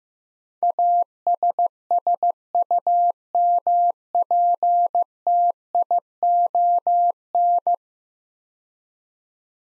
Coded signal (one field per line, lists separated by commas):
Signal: Morse code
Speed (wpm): 16 wpm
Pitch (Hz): 700 Hz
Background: none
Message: ASSUMPTION